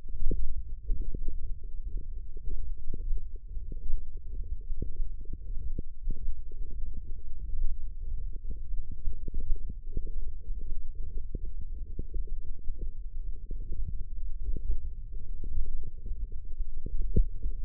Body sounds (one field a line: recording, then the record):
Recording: forearm muscle sounds (acoustic myography)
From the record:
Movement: hook grip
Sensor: system 1, eight BSWA MPA416 microphones around the upper forearm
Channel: 6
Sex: male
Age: 23 years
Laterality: right